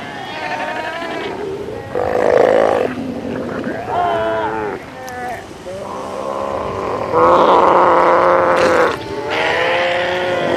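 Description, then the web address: South American sea lion calls, drawn-out bleating wails and grunting bursts, loud sections separated by brief quieter pauses. "earth naturelibrary assets s so south american sea lion"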